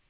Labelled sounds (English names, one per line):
Northern Parula flight call